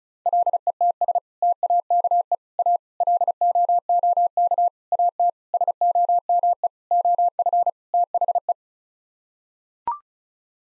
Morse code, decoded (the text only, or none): LETS TAKE A LOOK AT SOME OF THE